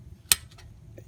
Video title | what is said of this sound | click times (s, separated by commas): Front brake sensors replacement | You hear the click, you're good to go. | 0.3 s